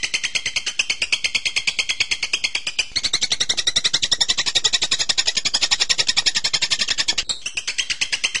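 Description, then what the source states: Bird song made of quick, even, high buzzy pulses in a continuous stream, with brief dips in loudness near the middle and end. Bird-tutoring (masteran) training recording of birdsong.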